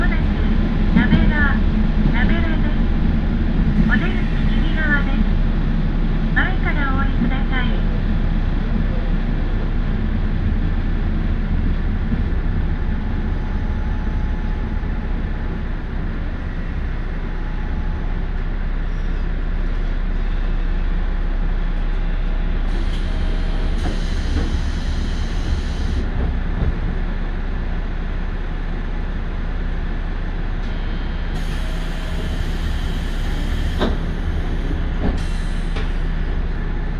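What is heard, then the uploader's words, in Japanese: A Tarumi Railway train rides from Morera Gifu toward Tarumi, its low rumble steady for the whole stretch. Voice-like chirps break through in the first eight seconds, and two bursts of bright hissing rise at about 23 and 31 seconds, followed by a sharp click near the end. 樽見鉄道 モレラ岐阜→樽見。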